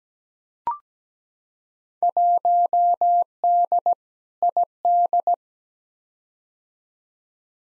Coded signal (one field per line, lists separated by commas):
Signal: Morse code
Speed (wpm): 17 wpm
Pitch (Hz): 700 Hz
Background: none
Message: 1D ID